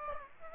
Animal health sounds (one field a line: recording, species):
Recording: mosquito wingbeat signal from an infrared sensor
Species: Aedes aegypti